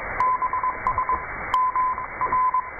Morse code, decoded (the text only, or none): BS MR